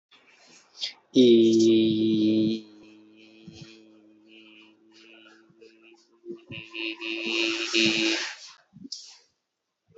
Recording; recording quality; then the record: sustained vowel as in beet; moderate, slight background noise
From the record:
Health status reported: healthy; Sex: male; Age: 23 years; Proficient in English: yes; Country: India